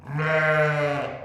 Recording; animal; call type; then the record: contact call of a hoofed animal; sheep; low-frequency (closed-mouth) or high-frequency (open-mouth) call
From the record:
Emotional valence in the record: negative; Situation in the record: short social isolation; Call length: 1.25 s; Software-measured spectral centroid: 1600 Hz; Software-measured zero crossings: 1690 a second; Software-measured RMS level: -23 dBFS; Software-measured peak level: -9 dBFS